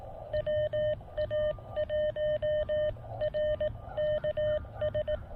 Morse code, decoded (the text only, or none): WA1RKS